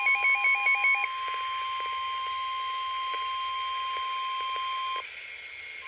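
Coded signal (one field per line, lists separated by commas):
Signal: Emergency Alert System (SAME) tones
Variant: 1050 Hz attention tone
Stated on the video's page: Severe thunderstorm warning received on a WR-300 weather radio.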